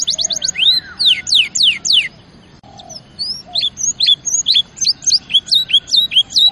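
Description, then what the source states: Canary singing a fast series of high swept whistles, opening with quick chips, then after a brief pause more rising and falling notes at a brisk pace. Champion canary song used as a master recording for training other birds.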